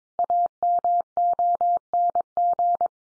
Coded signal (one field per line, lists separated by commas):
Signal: Morse code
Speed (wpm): 22 wpm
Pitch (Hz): 700 Hz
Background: none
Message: AMONG